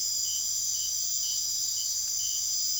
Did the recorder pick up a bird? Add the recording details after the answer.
no. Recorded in secondary vegetation near Puerto Asís, Putumayo, Colombia, on 23 June 2025 at 23:00. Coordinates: 0.500, -76.326. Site GP08